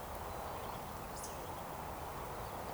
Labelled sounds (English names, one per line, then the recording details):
Eurasian Woodcock
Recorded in Baden-Württemberg, Germany, on 13 June 2020 at 19:29 UTC
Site 43791, 788 m above sea level